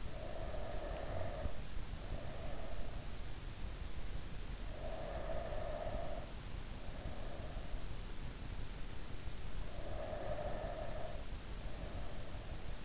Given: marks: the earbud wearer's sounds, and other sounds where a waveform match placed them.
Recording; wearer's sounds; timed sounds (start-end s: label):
sounds in sleep by an in-ear microphone; breath
0.00-3.03 s: breath
4.69-7.71 s: breath
9.66-12.85 s: breath